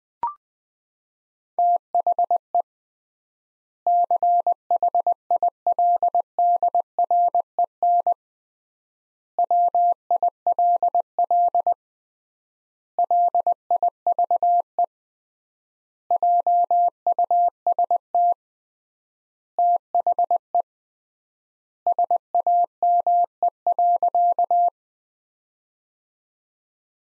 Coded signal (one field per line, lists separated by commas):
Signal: Morse code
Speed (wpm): 20 wpm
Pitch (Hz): 700 Hz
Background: none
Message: THE CHILDREN WILL LIVE JUST THE SAME.